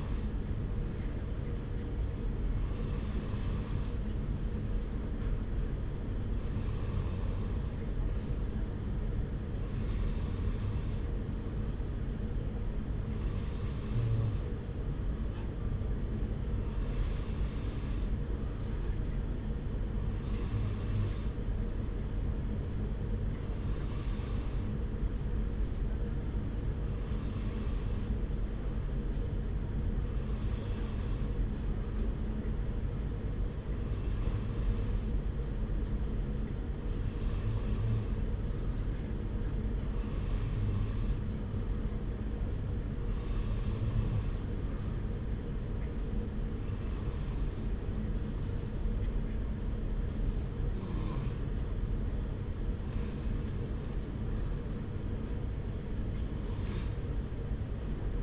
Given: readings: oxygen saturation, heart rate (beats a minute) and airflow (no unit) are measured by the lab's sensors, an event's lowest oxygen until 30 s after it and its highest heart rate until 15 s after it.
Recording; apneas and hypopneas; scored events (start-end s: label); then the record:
breathing in sleep by a smartphone at the bedside; none
39.00-58.22 s: new sleep stage, N3 (deep sleep)
From the record:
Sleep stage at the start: N2 (light sleep); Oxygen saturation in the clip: 94%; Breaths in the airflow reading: 21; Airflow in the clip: -0.8 to 1.3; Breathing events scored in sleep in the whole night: 335 in 6.7 hours asleep